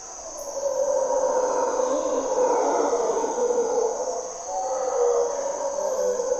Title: Mantled Howler Monkeys in Corcovado morning twilight